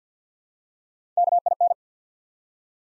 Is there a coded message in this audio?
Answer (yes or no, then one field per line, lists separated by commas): yes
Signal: Morse code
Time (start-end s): 1.2-1.7 s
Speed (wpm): 48 wpm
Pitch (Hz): 700 Hz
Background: none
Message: KIN